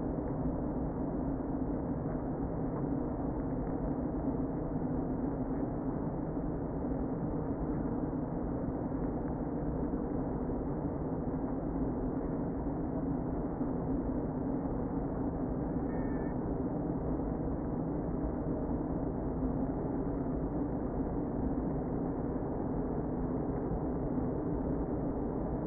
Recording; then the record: honeybee colony, microphone inside the hive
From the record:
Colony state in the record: queen present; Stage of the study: before two queens were removed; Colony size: about 60,000 bees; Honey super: yes